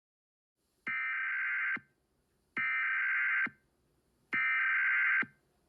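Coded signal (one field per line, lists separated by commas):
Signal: Emergency Alert System (SAME) tones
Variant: header bursts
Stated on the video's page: Fictional EAS horror scenario, a simulated alert.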